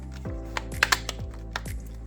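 A replacement Pulse Elite ear pad with a plastic clip ring is pressed onto the headset ear cup over background music. Its tabs snap in with sharp clicks at 0.8, 0.9 and 1.6 seconds, among other light taps. The ear pad ends up seated in place.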